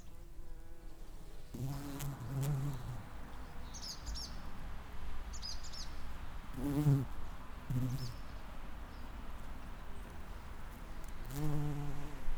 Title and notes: Branišov 7, 588 42 Ústí, Czechia - čmeláci na květech. Čmeláci na květech levandule na dvoře fary